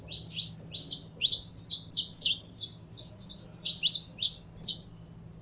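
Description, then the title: Belgian canary song: short, fast, high chirped phrases in an even pulsing rhythm over a faint low hum. Song of a purebred Belgian canary. "Canto Do Canário Belga Puro"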